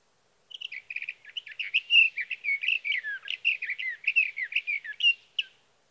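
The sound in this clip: Sage thrasher delivering a long, fast warbling song that begins with rapid repeated notes and runs on through varied whistled phrases for about five seconds.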